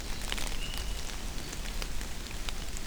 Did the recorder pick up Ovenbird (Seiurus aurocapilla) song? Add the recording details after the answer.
no. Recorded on 24 June 2016 at 07:44. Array SBT-6-76